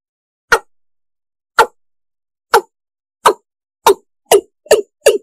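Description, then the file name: East Asian bullfrog croaks that start about a second apart and quicken toward the end, eight in all, with no other sounds. Singing frog (the source's local name, tiếng gà đồng). "tieng ga dong"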